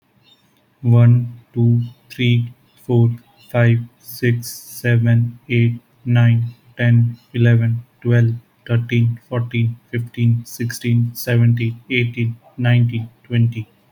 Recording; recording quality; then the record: counting at a normal pace; excellent, no background noise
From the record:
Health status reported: healthy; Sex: male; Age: 20 years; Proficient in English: yes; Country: India